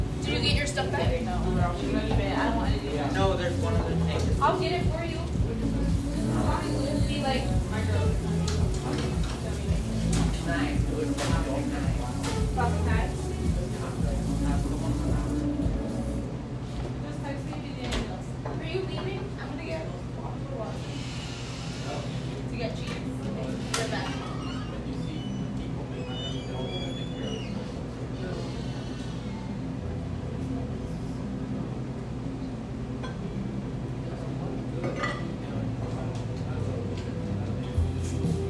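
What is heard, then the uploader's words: Inside a café, music with a heavy, pulsing bass plays loudly over a dense murmur of voices for the first fifteen seconds. Then the room grows a little quieter, leaving a low steady hum, ongoing chatter and occasional sharp clinks of dishes. Laurelhurst, Portland, Oregon. Tucked near the lush, wooded Laurelhurst Park in east Portland, this café sports vibrant music and an erudite, professional clientele.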